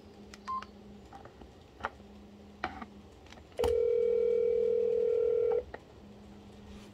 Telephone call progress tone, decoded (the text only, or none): ringback tone